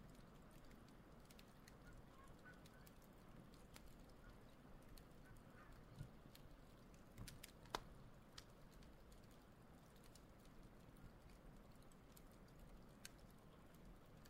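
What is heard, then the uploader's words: A campfire burns by a lakeshore, its steady low rumble and hiss filling the scene. Sharp, bright crackles and pops break through irregularly, a few every couple of seconds, with the loudest snap near the eight-second mark. Campfire by a lake. Then share the relaxing sounds of a campfire on the shores of a lake.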